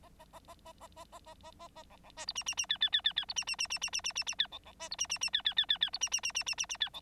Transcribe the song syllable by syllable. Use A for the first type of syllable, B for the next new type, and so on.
A A A A A A A A A A A A B B C D E E E F F F F F D E E E E E E E E E F B B C D E E E F F F F F D E E E E E E E F B